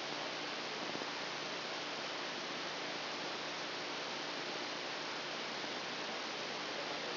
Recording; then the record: brain microelectrode recording played as sound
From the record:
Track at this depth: outside the subthalamic nucleus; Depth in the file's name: 0.515 mm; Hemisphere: left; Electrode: 2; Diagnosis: Parkinson's disease